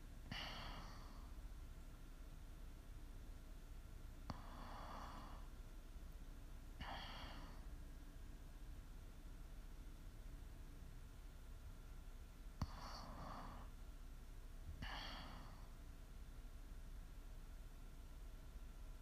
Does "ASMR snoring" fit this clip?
yes